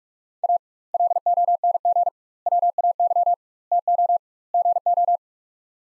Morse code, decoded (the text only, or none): A LONG WAY TO GO